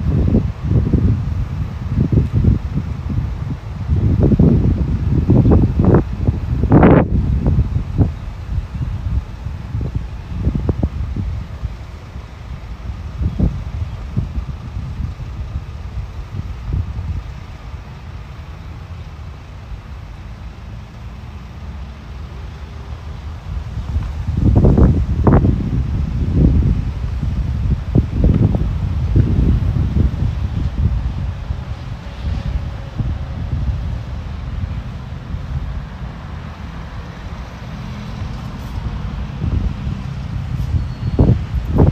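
Walking outdoors in Modiin, with low rumbling wind and passing traffic, busy bursts of thuds early and again around 25 seconds, quieter between.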